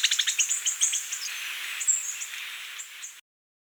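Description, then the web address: Black-capped hemispingus song, a quick run of very high, thin chips and twitters that gradually fade before stopping abruptly. Recorded in Ecuador, South America. "Birds of Ecuador. Black-Capped Hemispingus"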